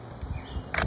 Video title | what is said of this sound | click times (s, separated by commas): No line Bulls Eye | you know what I'm saying all the way until you hear um a click | 0.8 s